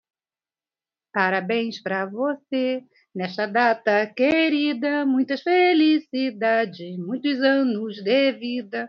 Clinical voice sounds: short text; Brazilian Portuguese; female; 50 to 59 years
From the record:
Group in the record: control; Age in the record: 58 years

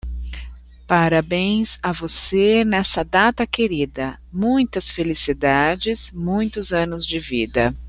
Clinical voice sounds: short text; Brazilian Portuguese; female; 40 to 49 years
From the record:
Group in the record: control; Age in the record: 41 years

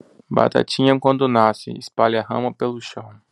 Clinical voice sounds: short text; Brazilian Portuguese; male; 20 to 29 years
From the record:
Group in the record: control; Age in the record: 25 years

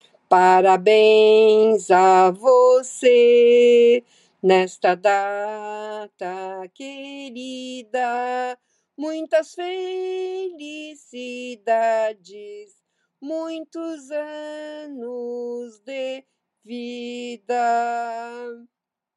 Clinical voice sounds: short text; Brazilian Portuguese; female; 60 to 69 years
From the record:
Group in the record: control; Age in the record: 67 years

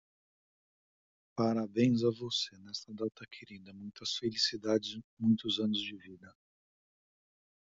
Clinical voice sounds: short text; Brazilian Portuguese; male; 40 to 49 years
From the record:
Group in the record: control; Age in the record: 41 years

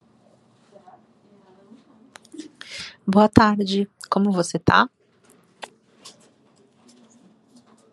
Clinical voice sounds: spoken sentence; Brazilian Portuguese; female; 40 to 49 years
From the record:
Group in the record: control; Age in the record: 47 years

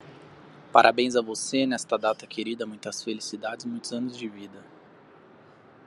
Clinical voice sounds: short text; Brazilian Portuguese; male; 20 to 29 years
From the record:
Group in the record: control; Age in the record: 25 years

